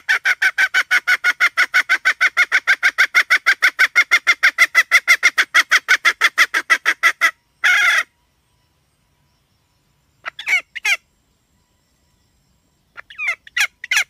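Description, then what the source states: Red junglefowl hen clucking in a long, steady, rapid series for about seven seconds, followed by a few scattered, sharper notes. Female (hen).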